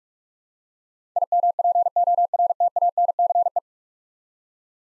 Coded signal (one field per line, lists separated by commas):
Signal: Morse code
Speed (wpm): 46 wpm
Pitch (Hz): 700 Hz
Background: none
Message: IMPORTANCE